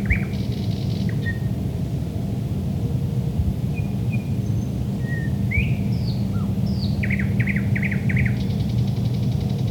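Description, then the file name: Thrush nightingale song with scattered whistled notes, rising slurs, a run of rapid clicking chops and a dry rattling trill, over low background rumble. Recorded at Lohne in 2010. "sprosserlohne"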